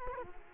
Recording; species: mosquito wingbeat signal from an infrared sensor; Culex quinquefasciatus